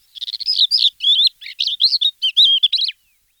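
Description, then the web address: Crested lark song: a rapid, varied run of clear whistled and slurred notes, some rising and falling, in a single phrase on a silent background. Recorded in 2004. "gesang. roche. haubenlerche"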